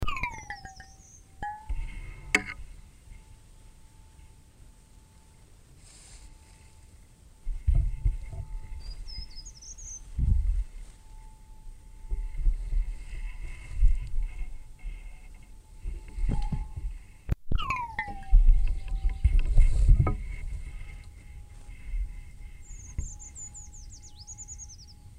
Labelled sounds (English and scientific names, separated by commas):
Short-toed Treecreeper (Certhia brachydactyla)